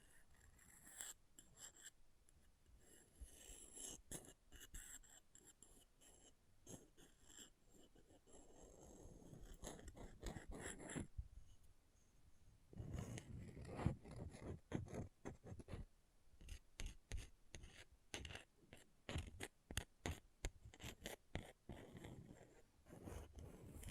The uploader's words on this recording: ASMR Brain Melting Object Scratching (No Talking).